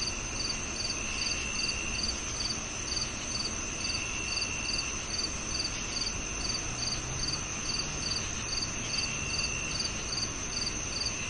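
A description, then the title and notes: Crickets chirp steadily through a night scene, with a high, even trill and a rapid pulsing chirp layered over it. A lower, thinner chirp joins now and then, around the first, fourth and ninth seconds. A soft, constant hiss and low rumble fill the background. Calming Crickets & Summer Night Sleep Sounds. The soothing sounds of crickets and the serene ambiance of the night.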